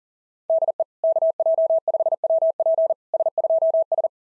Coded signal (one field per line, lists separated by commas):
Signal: Morse code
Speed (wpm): 40 wpm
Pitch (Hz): 650 Hz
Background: none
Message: DE KJ5WP S2S